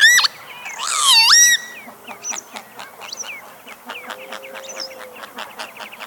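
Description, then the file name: Northern lapwing gives a loud wheezy call that dips and then rises, followed by a busy mix of shorter chirps and clicking notes. "chibis"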